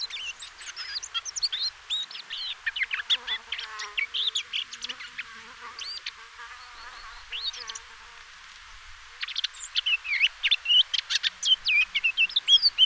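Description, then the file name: Eurasian blackcap song, rapid warbled phrases of varied high notes, pausing briefly midway before another fast, scratchy-sweet burst of warbling. "Sylvia atricapilla"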